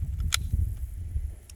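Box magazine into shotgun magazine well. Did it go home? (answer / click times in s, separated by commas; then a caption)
yes / 0.3 s. On a second try, a new 10-round box magazine is pushed into the magazine well of an SDS Imports BLP M12PT shotgun after it failed to lock in the first time. A sharp click at 0.4 s marks it latching and seating, over steady low rumble, followed by a much fainter click at 1.5 s.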